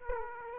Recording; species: mosquito wingbeat signal from an infrared sensor; Aedes aegypti